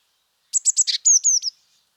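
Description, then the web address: Eurasian blue tit call: a single phrase of four quick high buzzy notes followed by three thin descending slurred whistles, on a silent background. "pub SETE data Cyanistes caeruleus"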